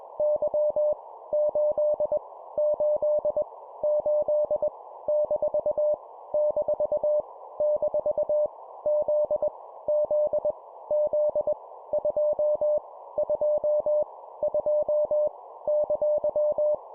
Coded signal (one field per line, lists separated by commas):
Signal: Morse code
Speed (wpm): 21 wpm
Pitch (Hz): 600 Hz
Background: none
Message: Y 8 8 8 - - - Z Z Z 2 2 2 !